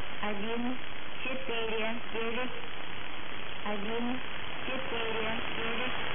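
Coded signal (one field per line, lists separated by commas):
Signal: numbers station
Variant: S06s, Russian female voice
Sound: a flat synthetic female voice reads short spaced words in Russian over hiss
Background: radio static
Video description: Preamble begins at 0:20 and is repeated until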